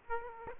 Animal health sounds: mosquito wingbeat signal from an infrared sensor; Aedes aegypti

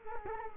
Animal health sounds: mosquito wingbeat signal from an infrared sensor; Culex quinquefasciatus

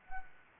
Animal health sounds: mosquito wingbeat signal from an infrared sensor; Anopheles arabiensis

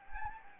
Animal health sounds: mosquito wingbeat signal from an infrared sensor; Anopheles gambiae

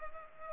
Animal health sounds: mosquito wingbeat signal from an infrared sensor; Culex pipiens

